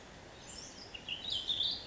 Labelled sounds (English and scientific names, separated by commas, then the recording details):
Ash-throated Flycatcher (Myiarchus cinerascens)
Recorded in Sonoma County, California